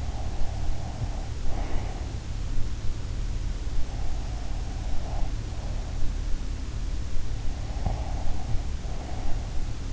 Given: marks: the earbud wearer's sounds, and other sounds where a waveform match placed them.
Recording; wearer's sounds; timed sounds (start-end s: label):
sounds in sleep by an in-ear microphone; breath
0.00-2.16 s: breath
7.69-9.50 s: breath